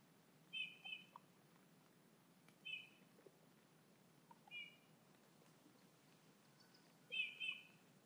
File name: Pyrrhula pyrrhula